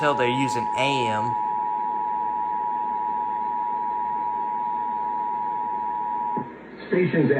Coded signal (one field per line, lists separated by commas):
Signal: Emergency Alert System (SAME) tones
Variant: 853 and 960 Hz attention tone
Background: speech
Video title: Last Louisiana Monthly Test in 2023! EAS alerts from 12/11/2023 [EAS #1,975 - #1,984]